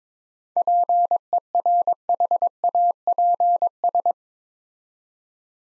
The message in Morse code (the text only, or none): PERHAPS